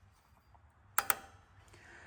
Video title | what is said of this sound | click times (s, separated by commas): JEEP WRANGLER YJ DRUM BRAKE ADJUSTER NOT WORKING SOLVED | That click sound is a very satisfying sound after you've been messing this | 1.0 s, 1.1 s